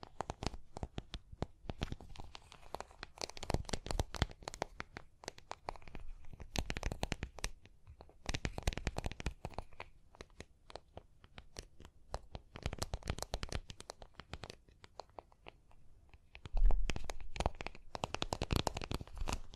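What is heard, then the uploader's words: Tapping and scratching in dense, irregular bursts of sharp clicks, crackling and rustling, with short lulls around 2, 8 and 15 seconds. The sounds are crisp and bright, and a louder cluster of taps lands near 16.5 seconds. Tapping and Scratching (No Talking).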